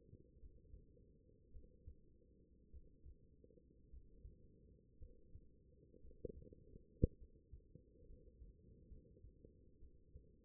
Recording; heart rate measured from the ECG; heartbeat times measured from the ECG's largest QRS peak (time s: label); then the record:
heart sounds by stethoscope; 57 bpm
0.38 s: heartbeat
1.50 s: heartbeat
2.69 s: heartbeat
3.89 s: heartbeat
4.97 s: heartbeat
6.00 s: heartbeat
7.17 s: heartbeat
8.06 s: heartbeat
8.87 s: heartbeat
9.78 s: heartbeat
From the record:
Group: healthy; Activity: rest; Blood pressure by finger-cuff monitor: 124/76 mmHg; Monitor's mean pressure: 95 mmHg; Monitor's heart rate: 54 bpm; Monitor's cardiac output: 5.7 L/min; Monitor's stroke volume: 106 mL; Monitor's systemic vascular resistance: 1200 dyn s/cm5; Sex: female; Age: 23 years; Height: 160 cm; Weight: 50.4 kg